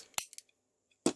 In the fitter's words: and you can see nice clicky snap there for voltron's ab crunch